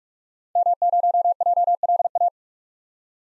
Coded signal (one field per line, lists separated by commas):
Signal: Morse code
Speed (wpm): 46 wpm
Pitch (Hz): 700 Hz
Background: none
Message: M0JLA